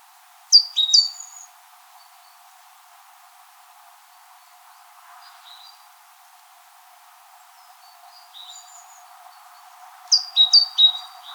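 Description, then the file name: Great tit gives two bursts of high, piercing down-slurred notes in rapid clusters, one at the start and one near the end, with faint notes in the quiet gap. "Parus major"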